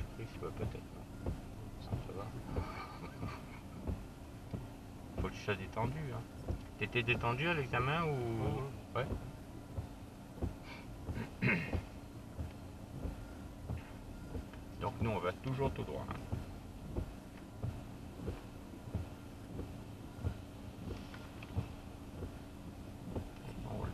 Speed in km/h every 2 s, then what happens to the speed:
0, 1, 0, 0, 0, 0, 0, 0, 0, 0, 0, 0.
0-24 standing.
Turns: none.